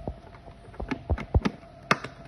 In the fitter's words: the lid goes over the recess in the canister here and just quickly clicks into place.